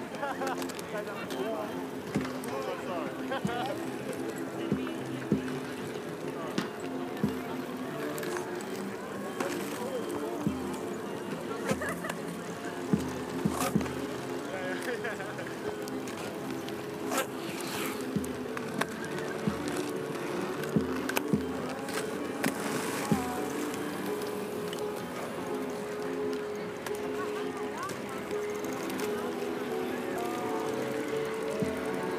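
Hundreds of people go about their activities on the Tempelhofer Freiheit in Berlin, a steady murmur of voices layered throughout. Frequent short clicks and rattles, like wheels or small mechanisms, punctuate the crowd every second or two, over a constant low rumble.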